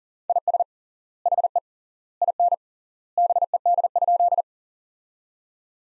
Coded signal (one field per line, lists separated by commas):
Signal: Morse code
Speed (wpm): 40 wpm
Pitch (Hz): 700 Hz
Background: none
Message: IS HE IN BED?